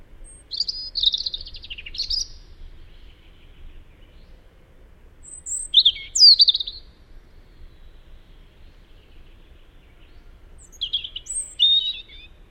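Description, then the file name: European robin song in three short high phrases of thin, tumbling whistles and trills, separated by pauses of several seconds. "Erithacus rubecula"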